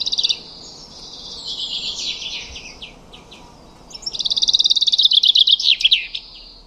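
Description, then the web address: Common chaffinch song: a soft descending phrase fading out, then a loud, rapid, evenly pulsed trill that ends in a quick flourish. "cianscape birddata Deverinetal 2025 File origin Bird Only Fr Co"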